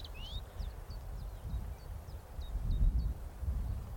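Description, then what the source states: Dartford warbler song: thin, high, scratchy notes in a quick faint run, over steady low rumbling noise. Singing in gorse nearby on heathland.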